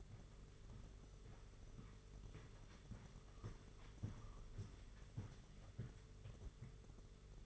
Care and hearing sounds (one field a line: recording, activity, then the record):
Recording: daily activity, microphone in the room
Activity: walk to room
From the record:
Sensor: 4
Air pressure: 991.9 hPa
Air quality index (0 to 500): 83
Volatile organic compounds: 6 ppm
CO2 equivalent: 1879 ppm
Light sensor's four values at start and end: 21/75/27/29 and 21/74/27/29